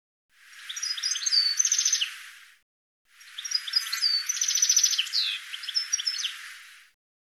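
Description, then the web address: Bird gives busy, high chirping calls in two long bouts, full of quick trilled notes, short buzzes and falling slurs, with a brief pause between them. "cianscape birddata"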